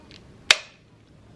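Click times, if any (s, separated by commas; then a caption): 0.5 s. A plastic ball run piece is pressed onto a Connetix magnetic tile structure, with a couple of faint ticks near the start. A single sharp, bright snap comes at 0.5 s and fades quickly. The piece clips in and is seated.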